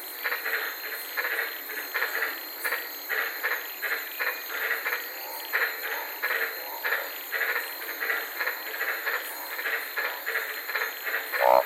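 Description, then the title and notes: White-lipped tree frog chorus of short rasping croaks over a steady high hiss, with a brief sharp sound near the end. Several frogs calling at night in the Daintree rainforest, Queensland, Australia, recorded from inside a car. "White Lipped Frog Podcast. I was sitting in my car in the Daintree rainforest in Queensland this night and fell asleep listening to these amazing White lipped frogs"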